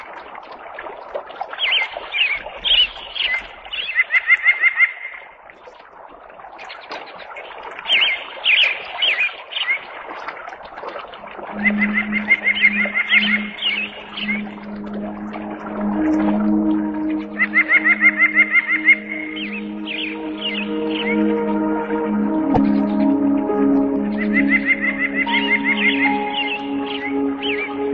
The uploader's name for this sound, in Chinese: 鸟叫水声